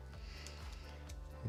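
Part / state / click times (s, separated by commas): plastic part onto model kit / not seated / none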